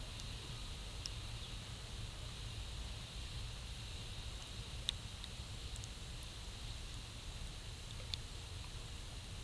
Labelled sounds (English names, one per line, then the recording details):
none
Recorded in pastures near Puerto Asís, Putumayo, Colombia, on 21 December 2024 at 12:00
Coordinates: 0.486, -76.323
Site GP01